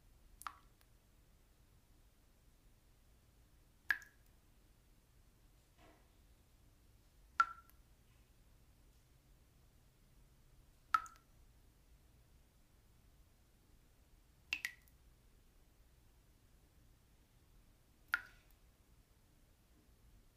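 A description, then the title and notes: Single water drops land one at a time, about every three and a half seconds, each a bright short plip over a quiet low hum. Peaceful Drops of Water. The gentle sound of water droplets splashing.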